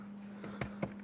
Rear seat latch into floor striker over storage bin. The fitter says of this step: this side it will lock the seat so you don't have to you know push on it but the other side